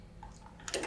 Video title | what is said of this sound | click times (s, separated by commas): TandyPro® Cowboy Outlaw Machine | pull the thread down until it clicks into the guide | 0.7 s